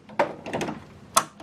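A cyan ink cartridge is pushed into its slot in the printhead carriage of an HP Officejet 8135E printer, with a knock near 0.2 s and softer plastic rattles around 0.5–0.6 s. A sharp click at 1.2 s marks the cartridge snapping home, and it is seated.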